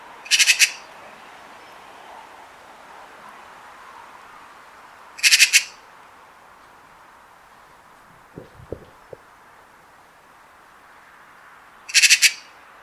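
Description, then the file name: Eurasian magpie giving harsh, rattling chatter calls in short bursts of several notes, heard three times about five and seven seconds apart, with a few faint low clicks between. "Pica pica"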